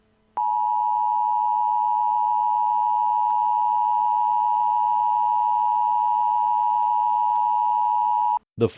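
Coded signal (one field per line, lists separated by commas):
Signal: Emergency Alert System (SAME) tones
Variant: 853 and 960 Hz attention tone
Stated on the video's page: Simulated scenario alert for a fictional eruption.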